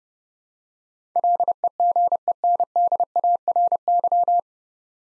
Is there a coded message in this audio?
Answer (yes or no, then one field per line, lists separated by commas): yes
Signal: Morse code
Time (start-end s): 1.2-4.4 s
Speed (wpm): 32 wpm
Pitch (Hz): 700 Hz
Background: none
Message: LEGENDARY